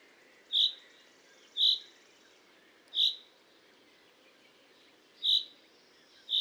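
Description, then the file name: Common chaffinch giving sharp, high single call notes, each a bright clipped 'pink', repeated at irregular intervals over faint background hiss. "Fringilla coelebs"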